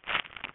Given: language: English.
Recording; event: throat vibration sensor signal played as sound; swallow